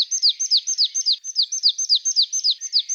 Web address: Parus palustris